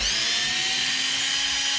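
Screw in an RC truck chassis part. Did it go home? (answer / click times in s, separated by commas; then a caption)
no / none. A power driver whirs steadily with a high-pitched whine while removing one of eight screws from a chassis part on a Traxxas XRT RC truck. Nothing seats or clicks during the run, and the screw head strips under the driver.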